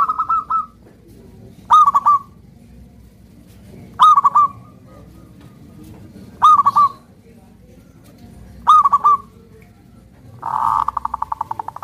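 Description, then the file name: Zebra dove song: rolling stuttered coo phrases repeated about every two seconds, ending with a buzzy rattling series of rapid pulses. Perkutut raja song used as a lure for trapping birds. "suara perkutut raja pikat"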